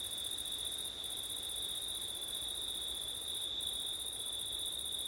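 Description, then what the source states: Crickets singing in a steady, unbroken chorus, one high trill band overlaid by a fainter, even higher shimmer that drops out briefly twice; soft low wind rumble beneath. Crickets on a September night, with wind; ortif (ORTF) microphone setup.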